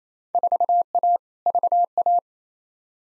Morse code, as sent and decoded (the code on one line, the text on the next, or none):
....- .- / ...- .-
4A VA